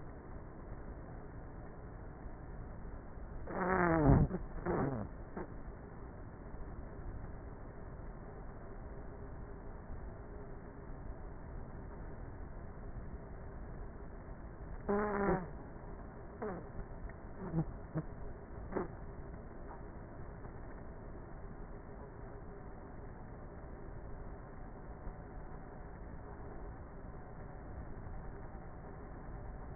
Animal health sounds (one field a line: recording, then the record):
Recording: honeybee colony, microphone inside the hive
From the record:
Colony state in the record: queenless with a low population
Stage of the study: before two queens were removed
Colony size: about 30,000 bees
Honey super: no